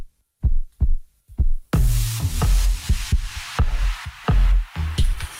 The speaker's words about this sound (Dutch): Dit is de hartslag van Nyum Dam.